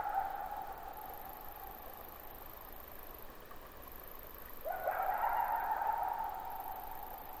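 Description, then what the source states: Coyote howling: a long steady mid-pitched tone fading at first, then a fresh howl rising sharply and holding with a slight waver, over a constant high hiss. At night; possibly 22 July 2005.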